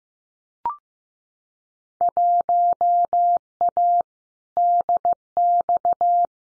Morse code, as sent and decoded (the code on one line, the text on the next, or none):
.---- .- / -.. -..-
1A DX